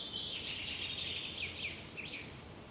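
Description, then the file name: Common chaffinch song: a rapid descending trill closing with a couple of sharp down-slurred notes, low hiss underneath. "Fringilla coelebs"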